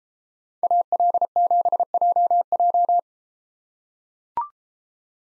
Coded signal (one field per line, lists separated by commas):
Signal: Morse code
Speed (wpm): 32 wpm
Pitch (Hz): 700 Hz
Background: none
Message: AL7JJ